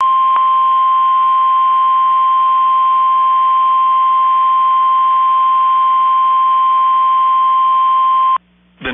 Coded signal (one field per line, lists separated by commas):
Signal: Emergency Alert System (SAME) tones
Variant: 1050 Hz attention tone